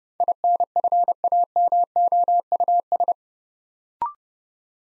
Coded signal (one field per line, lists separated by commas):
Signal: Morse code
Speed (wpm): 30 wpm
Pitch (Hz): 700 Hz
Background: none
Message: INFAMOUS